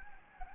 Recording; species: mosquito wingbeat signal from an infrared sensor; Anopheles gambiae